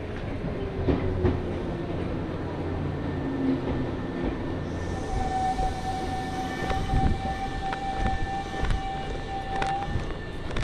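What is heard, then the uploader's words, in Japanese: A train ride, heard from aboard: a steady rumble of wheels and motor fills the whole clip, with scattered clicks and knocks from the rails. About halfway through, a thin steady whine rises and holds until near the end, alongside a faint higher tone. 鉄道旅 汐見橋→岸里玉出→なんば→大物。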